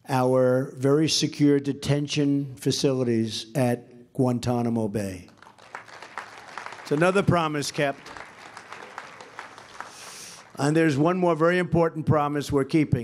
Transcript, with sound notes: our very secure detention facilities at Guantanamo Bay. (Applause.) It’s another promise kept. And there is one more very important promise we’re keeping: